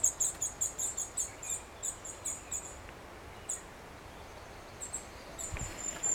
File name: Sitta europaea